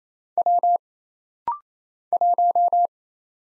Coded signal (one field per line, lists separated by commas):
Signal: Morse code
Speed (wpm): 27 wpm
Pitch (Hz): 700 Hz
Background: none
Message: W 1